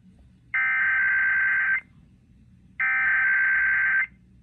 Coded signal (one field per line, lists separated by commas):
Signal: Emergency Alert System (SAME) tones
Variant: header bursts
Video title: EAS Catch #557 - IPAWS RWT (11/21/22)